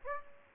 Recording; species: mosquito wingbeat signal from an infrared sensor; Aedes aegypti